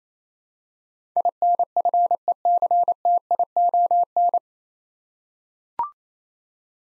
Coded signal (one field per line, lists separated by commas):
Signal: Morse code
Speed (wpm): 28 wpm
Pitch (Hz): 700 Hz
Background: none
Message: INFECTION